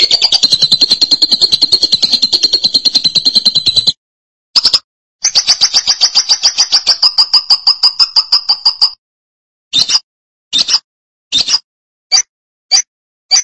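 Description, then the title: Lovebird rattling chatter, two long fast buzzy trills separated by a short gap, then a string of brief sharp chirps repeated at irregular intervals. "BM Suara Burung Lovebird"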